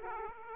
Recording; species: mosquito wingbeat signal from an infrared sensor; Aedes aegypti